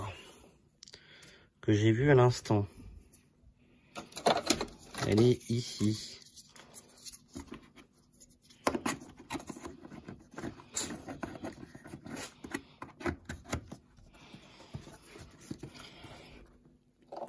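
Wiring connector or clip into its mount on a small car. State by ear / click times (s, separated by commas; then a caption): not seated / none. Someone talks while handling a wiring connector or clip at its mount on a small car, a Lupo, with scattered sharp taps and rustling handling noises throughout. The clip ends just before the part is pushed home, so nothing has seated or clicked yet.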